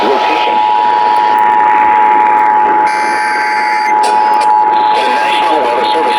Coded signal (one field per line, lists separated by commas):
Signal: Emergency Alert System (SAME) tones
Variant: 853 and 960 Hz attention tone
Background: speech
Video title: From TORs to Random Alerts (EAS Alerts from 7/28/2026) (EAS #1190-1283)